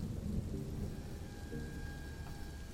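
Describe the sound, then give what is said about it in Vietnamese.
A sudden thunderstorm breaking without warning: deep, rolling thunder rumbles in waves beneath a steady hiss of heavy rain pouring down, with no voices present. “Đúng khi ấy, vang lên từng đợt sấm sét, cơn mưa ào ào đổ xuống, không có dấu hiệu báo trước.”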